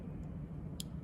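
A crimped wire terminal pin is pushed back into the engine ECM connector housing of a 2006–2011 Ford Territory until the locking tab catches it. A single sharp, bright click is heard at 0.8 s over a steady low background. The pin is seated and no longer moves.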